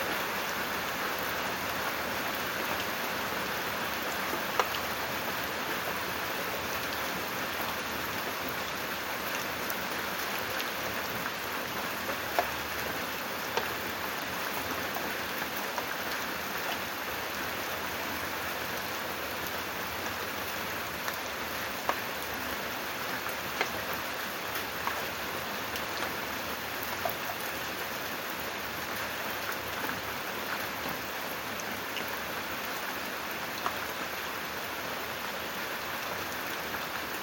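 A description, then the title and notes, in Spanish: Rain falls steadily over the countryside, a dense, even hiss that holds the same level for the whole stretch. Occasional sharper drops tick out above the wash every few seconds, and a faint low rumble sits underneath. Sonido de la lluvia en el campo. Lluvia del campo.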